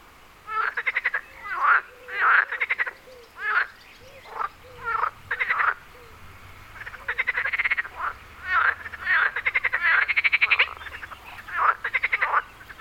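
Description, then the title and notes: Frog calls: rapid rattling croaks in short bursts, separated by quieter gaps. Wyspa Sobieszewska, Gdańsk, Poland. "Wyspa Sobieszewska, Gdańsk, Poland - Frogs. Żaby. rec Rafał Kołacki"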